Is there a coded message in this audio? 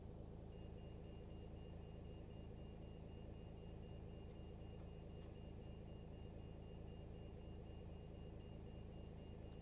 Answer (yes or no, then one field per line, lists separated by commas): no